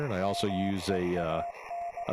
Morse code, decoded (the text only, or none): MEAN